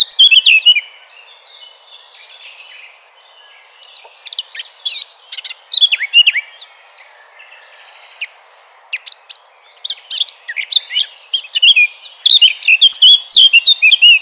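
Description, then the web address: Eurasian blackcap singing in bursts: a short warble, a quiet gap, a second burst of warbling, another gap, then a longer run of fast, varied fluty notes ending in a bright warbling flourish. "vogelstimmen moenchsgrasmuecke gesang nabu lars lachmann"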